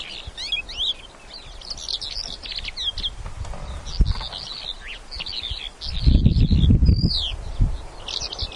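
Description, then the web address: Bimaculated lark producing rapid, scratchy chirps and twitters in quick series, while strong wind gusts rumble low, loudest near the end. "two spotted lark call"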